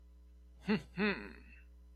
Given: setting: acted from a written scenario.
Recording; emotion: vocal sound without words; pride